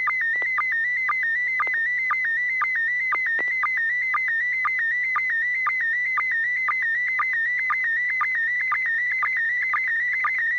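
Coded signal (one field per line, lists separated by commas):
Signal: SSTV (slow-scan television)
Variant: PD120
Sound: warbling tone near 2 kHz with short low chirps about twice a second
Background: low steady hum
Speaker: roger here goes uh first off let's make sure i got [Applause] vd-120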